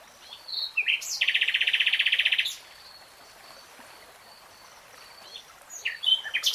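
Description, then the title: Nightingale song: a high note, then a dense, even, churring rattle lasting over a second, silence, and a few sharp chipping notes near the end. From a 3-hour real-time recording. "[Tiếng chim hót] 3 Hours REALTIME Nightingale Singing"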